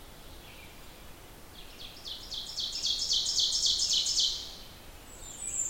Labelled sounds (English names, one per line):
Ovenbird song